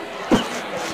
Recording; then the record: coughing mixed with background sound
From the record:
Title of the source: Heavy cold and sore throat coughing.